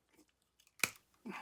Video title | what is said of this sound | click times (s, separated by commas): The Bike That Shifts Itself - Mysteries of the Autobike! | With that quick link snapped into place, the drivetrain is now complete. | 0.8 s